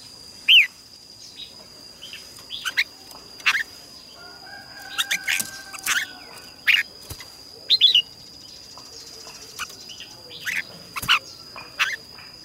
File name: Tieng chao mao hot